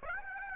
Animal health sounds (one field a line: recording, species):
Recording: mosquito wingbeat signal from an infrared sensor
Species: Aedes aegypti